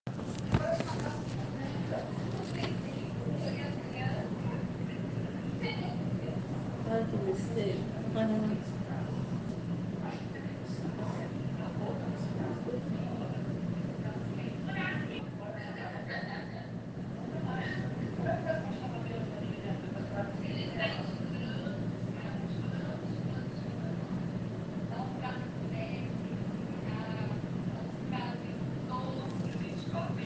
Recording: hospital ward noise